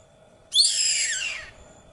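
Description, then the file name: White hawk scream: one hoarse, wheezy cry about a second long that starts high and slides steadily downward, over a faint steady hum. "canto do gaviao branco"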